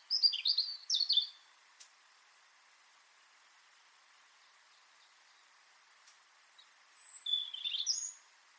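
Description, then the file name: European robin song: short phrases of high, thin, warbling notes, one burst at the start and another after a long pause, with a faint hiss in the background. "Erithacus rubecula"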